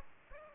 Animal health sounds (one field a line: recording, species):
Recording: mosquito wingbeat signal from an infrared sensor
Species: Aedes aegypti